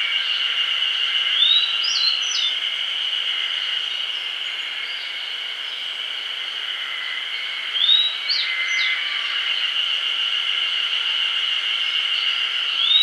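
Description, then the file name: Grey bunting giving two brief phrases: a soft upslurred whistle then two or three sharp high notes, separated by several seconds against a constant high drone. "Emberiza variabilis"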